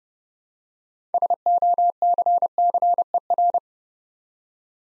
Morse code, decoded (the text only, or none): SOCCER